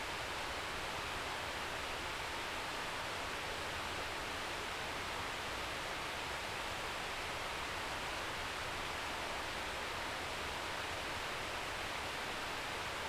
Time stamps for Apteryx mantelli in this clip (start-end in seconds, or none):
none